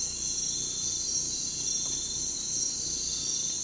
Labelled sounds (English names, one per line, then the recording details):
none
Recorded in pastures near Puerto Asís, Putumayo, Colombia, on 18 December 2024 at 05:00
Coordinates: 0.466, -76.322
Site G040